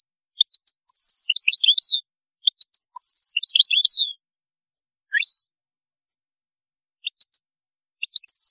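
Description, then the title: European goldfinch song: bright, jingling twittered phrases with quick high trills and downslurred notes, given in bursts separated by pauses. "Chant Chardonneret"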